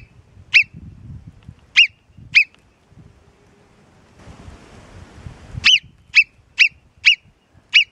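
Alpine marmot's short, shrill whistled calls: three spaced notes, a quiet stretch with soft hiss, then a rapid series of five, each note abrupt and high.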